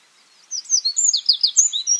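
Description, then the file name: Eurasian wren singing a loud, high-pitched burst of quick twittering notes and short trills after a brief silence. "Troglodytes troglodytes"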